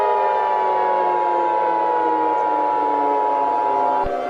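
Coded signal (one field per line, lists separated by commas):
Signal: Emergency Alert System (SAME) tones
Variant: 853 and 960 Hz attention tone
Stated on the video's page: Fictional, not a real EAS broadcast; made for entertainment, and the tones may or may not be valid.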